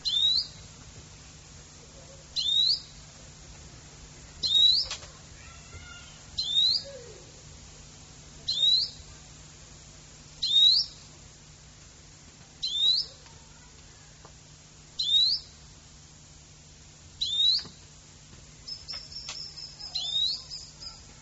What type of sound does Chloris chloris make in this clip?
call